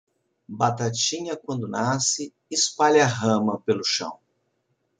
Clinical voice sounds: short text; Brazilian Portuguese; male; 60 to 69 years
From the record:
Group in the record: control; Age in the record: 60 years

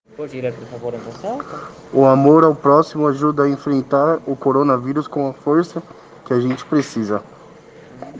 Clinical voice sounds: spoken sentence; Brazilian Portuguese; male; 20 to 29 years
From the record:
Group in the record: respiratory insufficiency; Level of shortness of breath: 5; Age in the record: 23 years

